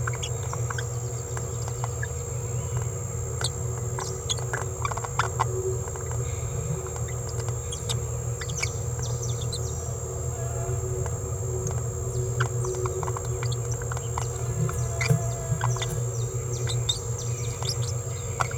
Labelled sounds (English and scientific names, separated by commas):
Green-rumped Parrotlet (Forpus passerinus) babbling